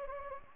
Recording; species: mosquito wingbeat signal from an infrared sensor; Anopheles gambiae